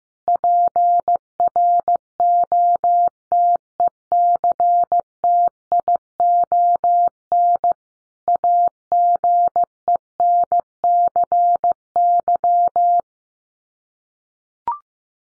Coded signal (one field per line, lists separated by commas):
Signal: Morse code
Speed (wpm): 15 wpm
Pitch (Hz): 700 Hz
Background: none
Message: PROTECTION AGENCY